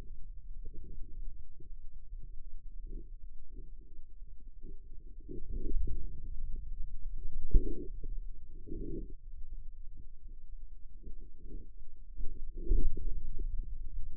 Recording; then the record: forearm muscle sounds (acoustic myography)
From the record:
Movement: inward rotation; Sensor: system 2, bracelet of six BSWA MPA416 microphones around the upper forearm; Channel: 5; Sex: male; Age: 22 years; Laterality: right